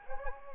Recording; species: mosquito wingbeat signal from an infrared sensor; Anopheles gambiae